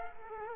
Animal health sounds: mosquito wingbeat signal from an infrared sensor; Culex quinquefasciatus

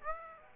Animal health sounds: mosquito wingbeat signal from an infrared sensor; Aedes aegypti

